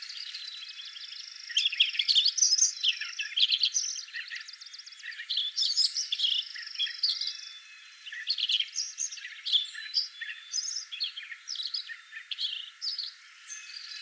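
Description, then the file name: Lincoln's sparrow singing, with fast, bubbly trills and chips throughout. "Lincolns Sparrow singing"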